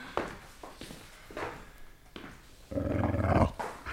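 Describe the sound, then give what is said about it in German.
A dog lets out a few short whimpers and snuffles, then breaks into a low, sustained rumbling growl that swells louder before cutting off, with no one talking. “Wollen wir nach dem Hund sehen”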